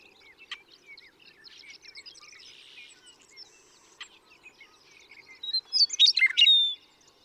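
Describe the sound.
Western meadowlark song near the end: a rich, tumbling run of whistled and gurgled notes, following a stretch of soft chirping from a bird chorus.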